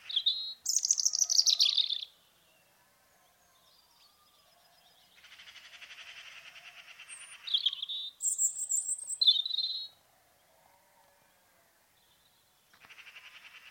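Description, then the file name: Robin song: thin, high whistled phrases with fast trills reaching very high, then a soft scratchy buzzing passage, before more clear high notes after short pauses. "robin recorded by alan burbidge"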